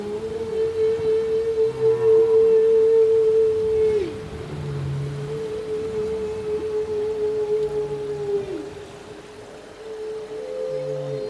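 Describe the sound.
Humpback whale song: a long, steady, flat tonal moan held for several seconds with faint low pulses beneath and a brief upward shift near the end.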